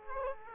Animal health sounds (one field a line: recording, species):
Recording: mosquito wingbeat signal from an infrared sensor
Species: Aedes aegypti